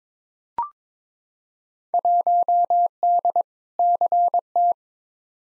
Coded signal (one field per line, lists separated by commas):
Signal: Morse code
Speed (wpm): 22 wpm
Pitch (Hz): 700 Hz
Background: none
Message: 1D CT